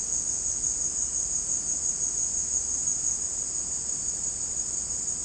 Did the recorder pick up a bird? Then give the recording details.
no. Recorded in dense forest near Puerto Asís, Putumayo, Colombia, on 23 June 2025 at 16:30. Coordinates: 0.499, -76.324. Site G100